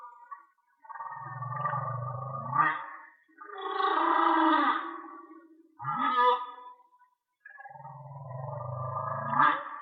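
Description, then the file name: Whale song: low droning moans alternate with higher harmonic wails and rising swoops, separated by brief silences, in a slow sequence. "Whale Song-colin"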